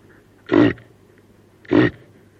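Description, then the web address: Reindeer grunts: two brief, gruff, breathy grunts just over a second apart, with a quiet low hum in the background. Female reindeer. "el sonido del grunido de un reno hembra"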